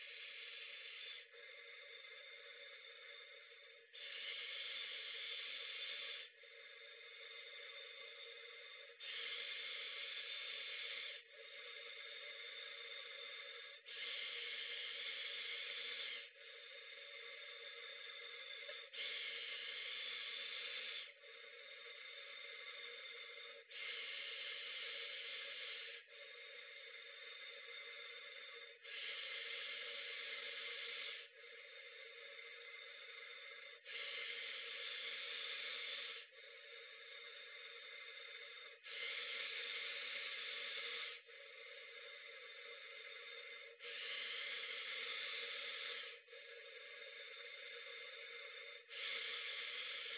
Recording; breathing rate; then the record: paced breathing near a phone; 12 breaths a minute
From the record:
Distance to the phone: 40 cm